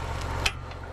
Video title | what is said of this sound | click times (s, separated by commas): Everything just BROKE AGAIN! Was it MY FAULT? | locked into Place | 0.5 s